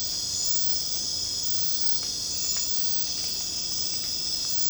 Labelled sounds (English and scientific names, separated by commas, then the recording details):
none
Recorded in secondary vegetation near Puerto Asís, Putumayo, Colombia, on 22 December 2024 at 21:30
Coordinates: 0.499, -76.323
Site G010